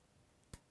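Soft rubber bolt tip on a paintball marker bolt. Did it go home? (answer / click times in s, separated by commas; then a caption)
yes / 0.5 s. A soft rubber bolt tip (bumper) is pressed onto the front of the bolt of an Empire BT TM-7 paintball marker the correct way round. A single short, sharp pop sounds at 0.5 s against a quiet, steady background. The bumper pops into place and is seated.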